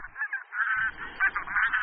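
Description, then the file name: Bean goose honking calls, a series of nasal honks in quick succession. "Husa polní"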